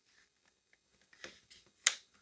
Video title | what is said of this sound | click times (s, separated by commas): Prolux X8 Elite Backpack Vacuum With EBK250 PN Unboxing And Basic Tests | okay we have a crevice tool and see that's going to have a positive click fit | 1.9 s